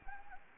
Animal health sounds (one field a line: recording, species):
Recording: mosquito wingbeat signal from an infrared sensor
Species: Anopheles gambiae